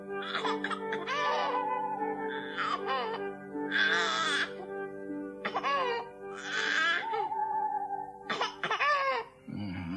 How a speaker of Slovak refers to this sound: Prečo to dieťa neutíšia?